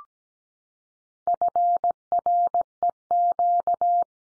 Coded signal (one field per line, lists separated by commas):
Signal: Morse code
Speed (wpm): 17 wpm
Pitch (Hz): 700 Hz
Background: none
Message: FREQ